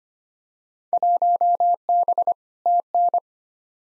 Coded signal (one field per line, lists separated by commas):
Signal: Morse code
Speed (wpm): 25 wpm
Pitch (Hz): 700 Hz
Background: none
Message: 1B TN